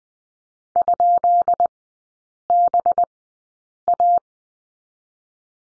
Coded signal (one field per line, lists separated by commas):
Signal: Morse code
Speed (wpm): 20 wpm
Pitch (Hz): 700 Hz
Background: none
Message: ?BA